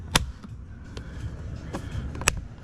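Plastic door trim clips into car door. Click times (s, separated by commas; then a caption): 0.2 s, 2.3 s. An interior door trim piece on a 2007-2011 BMW 328i, reinstalled during a sticky door handle replacement, is pressed onto the door so its plastic retaining clips snap into place. Two sharp, loud snaps ring out at 0.2 s and 2.3 s, with fainter ticks between them around 1.0 s and 2.2 s. The clips seat and the trim is back in place.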